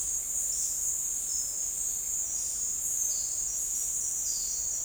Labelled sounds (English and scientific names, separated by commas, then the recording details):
none
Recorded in dense forest near Puerto Asís, Putumayo, Colombia, on 9 March 2025 at 09:00
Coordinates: 0.499, -76.324
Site GP03